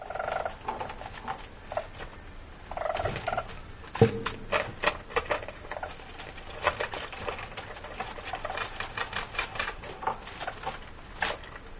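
Least weasel chattering: brief buzzy trills at the start, then scattered rapid clicks and pulses throughout, with occasional sharp knocks.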